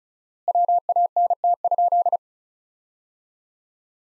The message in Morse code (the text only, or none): WANT?